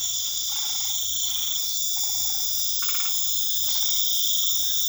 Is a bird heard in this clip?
no